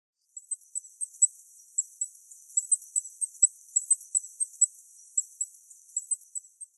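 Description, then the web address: Goldcrest calls: very high, thin, short notes given in an uneven series. Kitakyushu, 9 November 2012. "shiryo koe kikuitadaki 121109 kitakyu"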